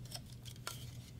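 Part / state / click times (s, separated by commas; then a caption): plastic drive rail onto hard drive side / not seated / none. A second plastic drive rail is handled against the other side of a hard drive for a Synology DS415+ NAS, producing faint light plastic ticks around 0.2 s and 0.7 s over a steady low hum. The rail has not snapped into place yet, so nothing has seated or clicked.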